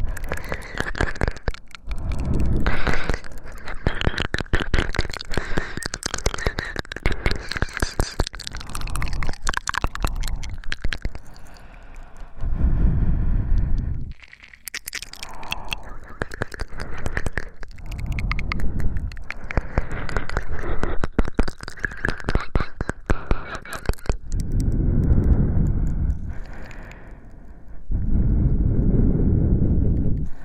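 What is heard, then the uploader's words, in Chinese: Wet mouth and ear-sucking sounds come in dense, rapid clicks and smacks through most of the half minute. Heavy, rough breaths swell in between, notably around 13 seconds and again near 25 and 29 seconds, when the clicking thins out. 口腔音吸耳 喘粗气声。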